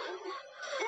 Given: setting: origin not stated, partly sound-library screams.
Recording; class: one-second piece from a danger detection set; woman in danger